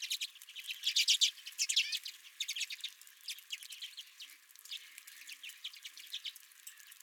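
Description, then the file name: Redpolls calling together, a burst of loud rapid twitters early on, followed by softer, steady chattering from the flock. Several redpolls at the recordist's feeder. "Redpolls at My Feeder"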